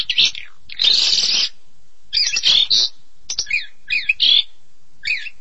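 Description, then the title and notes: Starling song: a few separate phrases, a harsh hissing squawk and short squeaky and whistled notes, with pauses between. "suara burung jalak"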